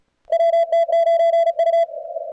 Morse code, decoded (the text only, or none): WT9U